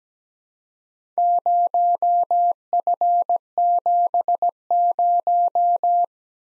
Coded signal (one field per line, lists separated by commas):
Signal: Morse code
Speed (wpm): 17 wpm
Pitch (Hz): 700 Hz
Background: none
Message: 0F70